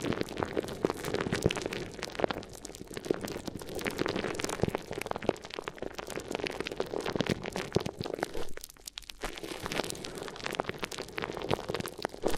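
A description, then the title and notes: Crinkly ear massage sounds: dense, continuous crackling and crumpling with sharp clicks throughout, briefly thinning to a softer patch around nine seconds. ASMR Addictive Crinkly Ear Massage (No Talking).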